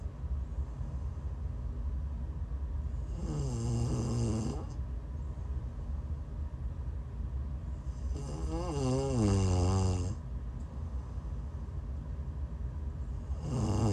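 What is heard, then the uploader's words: Snoring, with loud rasping breaths around 3–4.5 seconds, 8–10 seconds, and again starting near the end, each wavering in pitch as it rattles. Between breaths a steady low rumble and faint hiss fill the quiet. ASMR snoring.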